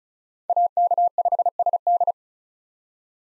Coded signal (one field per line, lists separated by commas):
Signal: Morse code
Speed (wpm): 36 wpm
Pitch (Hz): 700 Hz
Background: none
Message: AK5SD